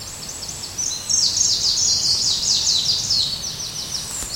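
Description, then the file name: Greenish warbler delivering a fast, high-pitched jumble of slurred, tinkling notes in a continuous stream for about three and a half seconds, with faint low rumble beneath. "gruenlaubsaenger"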